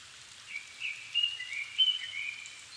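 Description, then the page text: Japanese thrush singing a varied phrase of whistled notes, some slurred downward, others sharp and bright, over constant background hiss. Japan, 7 May 2011 at 17:59 in the evening, altitude 270 m; recorded on a Sony PCM-D50 with Panasonic WM-61A microphones. "Turdus cardis [Sounds -Nikko Today-]"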